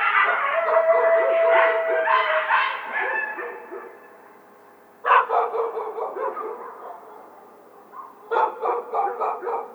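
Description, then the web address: Coyote howl opening with a steady drawn-out tone amid yapping, then fresh bursts of rapid, quavering yips and barks in the later seconds. Howl, recorded 2 November 2007. "Coyote 2007 11 02 howl"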